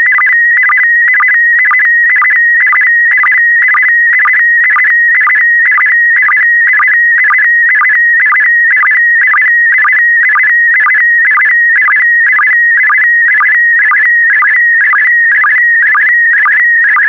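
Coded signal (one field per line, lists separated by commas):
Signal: SSTV (slow-scan television)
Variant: PD120 mode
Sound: continuous warbling tone around 2 kHz, a low chirp every half second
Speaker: Five, four, three, two, one. Thank you. Transmission complete. You can now check your decoded image against the picture that is shown on the video.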